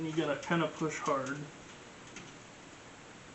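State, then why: Not seated. A 24-pin ATX power cable's plastic connector is pushed hard into a motherboard socket while someone talks, followed by quiet handling with a brief faint tick near 2.2 s. The connector has not seated or clicked yet.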